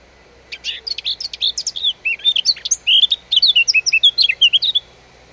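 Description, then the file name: Eurasian blackcap delivering a long, rich warbled phrase of fast, varied chirps and slurred whistles running almost five seconds without pause. "Sylvia atricapilla"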